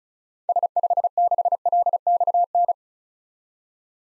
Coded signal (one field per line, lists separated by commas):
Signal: Morse code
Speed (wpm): 36 wpm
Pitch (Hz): 700 Hz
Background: none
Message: S56LXN